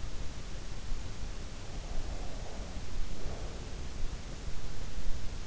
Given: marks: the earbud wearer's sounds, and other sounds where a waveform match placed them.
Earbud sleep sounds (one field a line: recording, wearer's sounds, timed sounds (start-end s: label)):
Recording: sounds in sleep by an in-ear microphone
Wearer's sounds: breath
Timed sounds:
1.83-3.93 s: breath